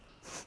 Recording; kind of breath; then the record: one breath in and out by a microphone near the nose and mouth; strong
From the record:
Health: marked as sick, illness not named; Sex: female